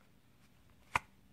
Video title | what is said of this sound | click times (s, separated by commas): Black Arch Holster | there's a click right there | 1.0 s